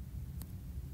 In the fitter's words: then line up the tabs on the clear plastic strip with the ones inside the shell and press down until you hear a click